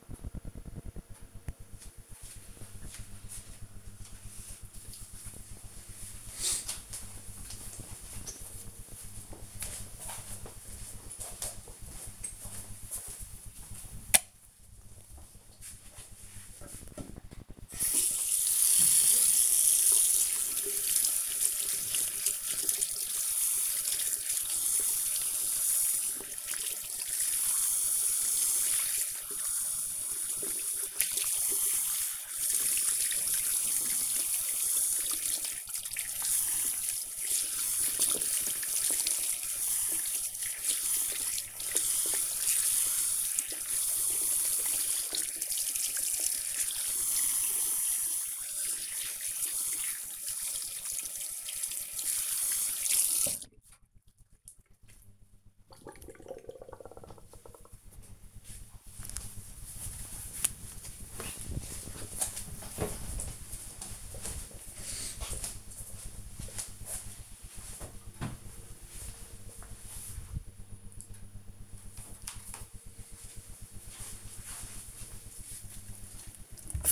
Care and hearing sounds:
household activities, microphone on the right wrist
16.74-55.00 s: washing hands
75.13-76.92 s: cleaning table

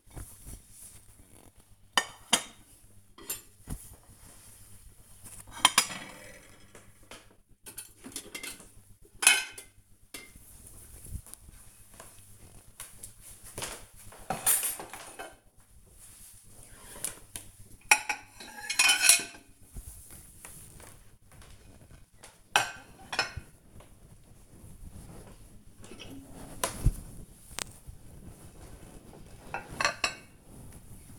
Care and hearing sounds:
household activities, microphone on the right wrist
0.00-31.19 s: cleaning out the dishwasher

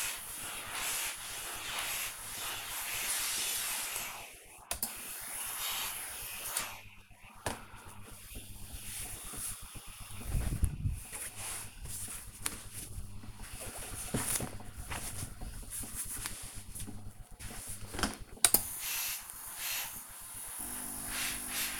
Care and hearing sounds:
household activities, microphone on the right wrist
0.00-21.80 s: ironing laundry

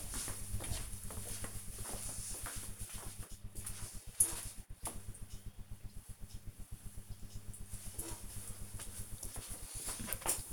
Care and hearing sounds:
household activities, microphone on the right wrist
none

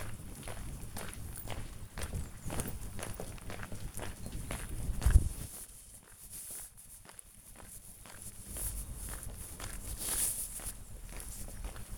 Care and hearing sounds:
household activities, microphone on the right wrist
0.00-11.98 s: going for a walk with dog

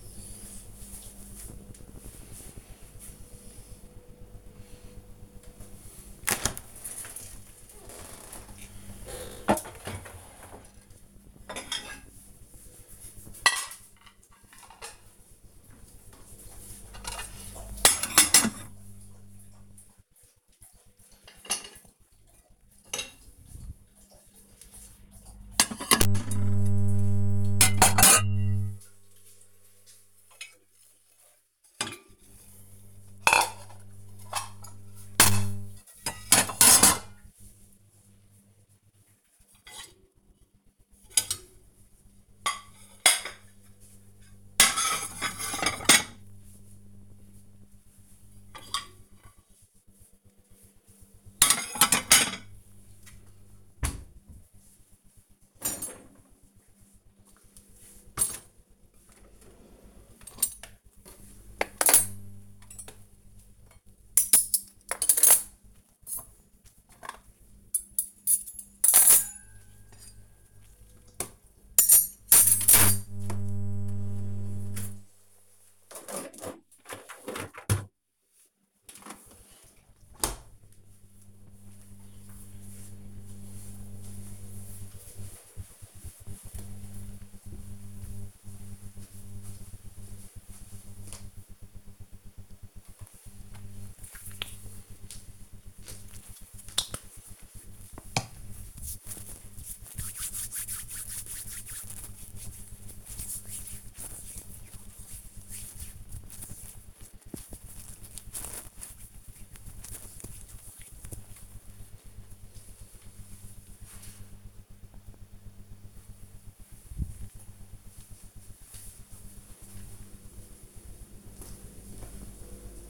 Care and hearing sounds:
household activities, microphone on the right wrist
5.51-80.19 s: cleaning out the dishwasher
92.30-110.46 s: cream hands

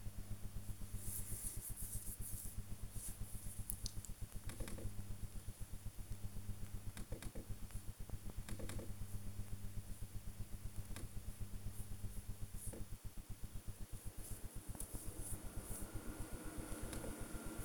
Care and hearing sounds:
household activities, microphone on the right wrist
0.00-17.65 s: working on the computer

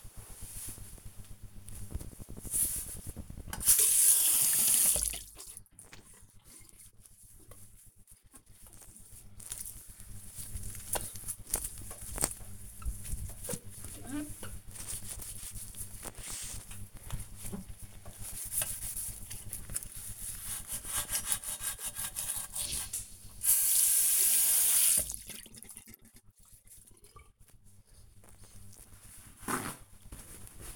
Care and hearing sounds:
household activities, microphone on the right wrist
0.00-30.76 s: bathroom cleaning (washbasin)

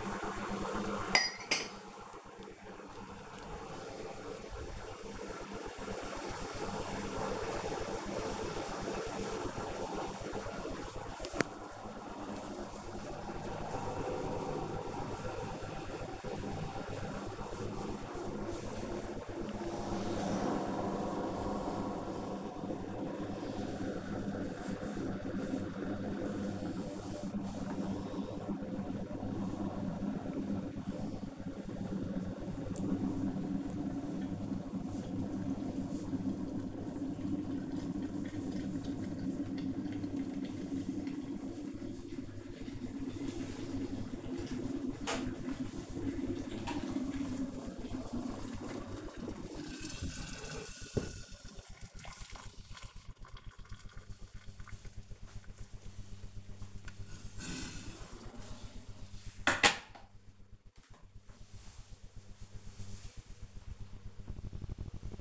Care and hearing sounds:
household activities, microphone on the right wrist
0.00-60.29 s: making tea

